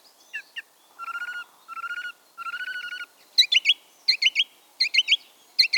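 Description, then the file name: Song thrush song: a trilled phrase given three times in a row, then a sharper, higher chirping figure also repeated several times. "bioakusztika enekesrigo"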